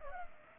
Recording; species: mosquito wingbeat signal from an infrared sensor; Culex pipiens